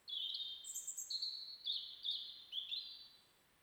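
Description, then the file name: European robin singing a quick, varied stream of high, thin warbles and short trills, with rapid jumps between higher and lower notes. "Erithacus rubecula"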